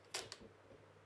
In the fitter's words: hab das jetzt hier positioniert und prüfe das auch und mache das fest hier dass das richtig einrastet und prüfe